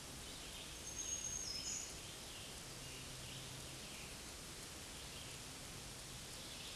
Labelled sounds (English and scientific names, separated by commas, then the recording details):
Black-throated Green Warbler (Setophaga virens) song
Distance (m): 25 m
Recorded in a Pennsylvania forest on 19 May 2023 at 09:23
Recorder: AudioMoth, point grid1_1_low
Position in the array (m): 157 m, -0 m